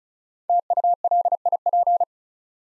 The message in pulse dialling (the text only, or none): none